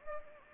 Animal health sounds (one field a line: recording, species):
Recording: mosquito wingbeat signal from an infrared sensor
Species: Anopheles gambiae